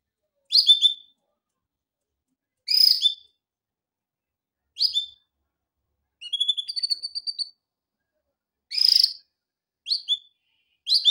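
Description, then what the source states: Canary calls: short high chirps every one to two seconds, with one brief rapid series of notes partway through. For training canaries.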